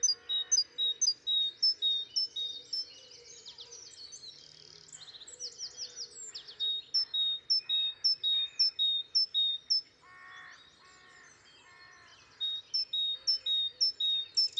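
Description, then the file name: Great tit song, bright high clipped two-note phrases repeated in fast bursts, pausing and resuming, with some buzzier notes between. "Parus major"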